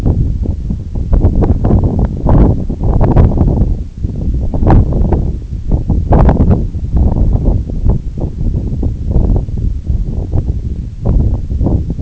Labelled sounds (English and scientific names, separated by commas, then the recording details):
none
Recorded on Arctic tundra, site NAIT-1, on 2 July 2019
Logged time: 02:00